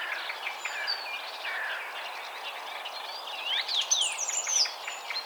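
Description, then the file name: Eurasian blackcap song, a short burst of loud, bright fluting phrases near the end, over a busy background of many chirping and twittering birds. "Sylvia atricapilla"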